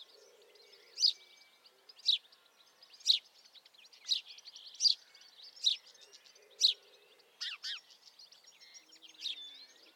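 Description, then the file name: House sparrow chirps, harsh and emphatic, about one per second, with a quick double chirp near the end and faint chattering in the background. "Passer domesticus"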